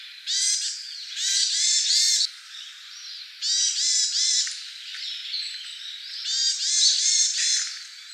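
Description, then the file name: Varied tit calls: rasping, nasal notes stacked into quick harsh bursts, repeated in several loud groups with softer buzzy calling between them. Recorded 15 November 2014. "yamagara 141115"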